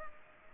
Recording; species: mosquito wingbeat signal from an infrared sensor; Culex pipiens